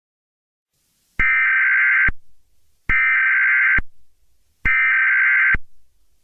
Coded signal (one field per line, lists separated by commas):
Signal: Emergency Alert System (SAME) tones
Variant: header bursts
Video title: EAS Mini Scenario: Praxair All Over Again